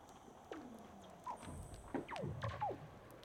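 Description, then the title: Weddell seal chirps underwater: a few short falling sweeps and low descending glides, scattered and overlapping. "Douglas Quin - Weddell Seals (Underwater)"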